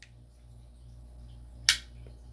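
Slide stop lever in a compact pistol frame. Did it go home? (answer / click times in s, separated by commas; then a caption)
released / 1.7 s. During takedown of a Sig Sauer P290RS compact pistol, the slide is held fully back while a small tool presses the side button, and the slide stop lever in the frame releases with one sharp, bright click at 1.7 s. A faint tick is heard at the very start, and the rest is quiet low hum. The slide stop clicks free and is released.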